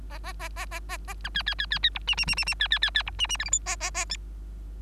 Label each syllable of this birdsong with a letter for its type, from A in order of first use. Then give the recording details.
A A A A A A A B C C C C C D E E E E E C C C C D E E F G H A A A I. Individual Bird3